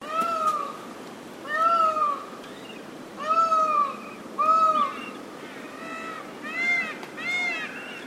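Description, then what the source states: Indian peafowl giving a series of loud wailing cries, each rising then falling, over a steady background hiss. Mixed calls.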